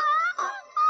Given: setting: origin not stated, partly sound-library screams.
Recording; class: one-second piece from a danger detection set; woman in danger